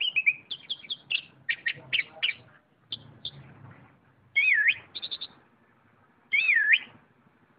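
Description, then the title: Oriental magpie-robin song with sharp clipped notes, then two rich wavering whistled phrases that swoop up and down, separated by quiet gaps. "Kicau Kacer"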